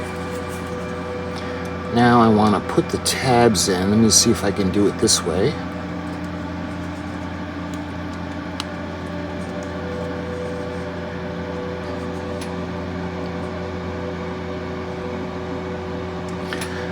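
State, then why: Seated. Plastic tabs on the B deck of a Revell Jacques-Yves Cousteau's Research Vessel Calypso plastic model ship kit are pressed into their slots in the hull. Someone talks briefly at the start over a steady background hum, then sharp clicks are heard at 8.6 s and 16.5 s as the tabs seat into place.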